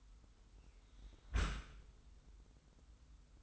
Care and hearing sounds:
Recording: daily activity, microphone in the room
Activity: close dishwasher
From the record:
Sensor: 3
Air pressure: 990.4 hPa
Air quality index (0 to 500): 193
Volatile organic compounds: 1000 ppm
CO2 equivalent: 6315 ppm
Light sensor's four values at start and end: 35/83/34/32 and 35/83/34/32

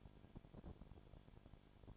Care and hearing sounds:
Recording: daily activity, microphone in the room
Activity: no activity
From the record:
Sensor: 5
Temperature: 20.2 degrees Celsius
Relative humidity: 36.5%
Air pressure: 1001.2 hPa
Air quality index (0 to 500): 176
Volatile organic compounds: 4 ppm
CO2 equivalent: 1607 ppm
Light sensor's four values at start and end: 2/3/1/1 and 2/3/1/1

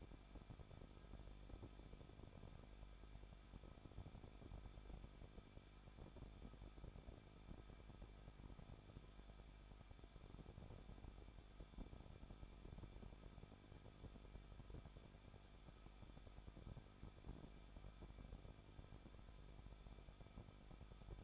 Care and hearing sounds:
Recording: daily activity, microphone in the room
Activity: no activity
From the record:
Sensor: 5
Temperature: 20.7 degrees Celsius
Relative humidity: 38.5%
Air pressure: 1006.5 hPa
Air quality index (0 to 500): 191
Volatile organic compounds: 20 ppm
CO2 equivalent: 2691 ppm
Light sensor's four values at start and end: 2/3/1/1 and 2/3/1/1

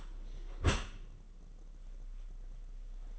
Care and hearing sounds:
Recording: daily activity, microphone in the room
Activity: close dishwasher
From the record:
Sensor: 4

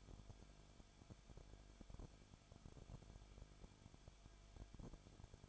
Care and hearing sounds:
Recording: daily activity, microphone in the room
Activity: no activity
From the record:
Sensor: 5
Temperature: 20.4 degrees Celsius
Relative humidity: 39.7%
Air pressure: 1010.8 hPa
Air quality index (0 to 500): 165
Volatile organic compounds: 15 ppm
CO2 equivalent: 2500 ppm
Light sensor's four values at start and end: 2/3/1/1 and 2/3/1/1

